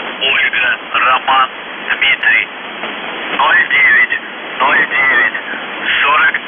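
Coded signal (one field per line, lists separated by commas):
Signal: numbers station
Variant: UVB-76 voice message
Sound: a voice reading short separated words through noisy, band-limited shortwave audio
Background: radio static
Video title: The Buzzer/UVB-76(4625Khz) November 25+26, 2021 Voice messages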